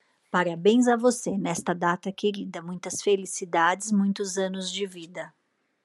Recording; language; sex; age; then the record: short text; Brazilian Portuguese; female; 40 to 49 years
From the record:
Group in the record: control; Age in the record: 49 years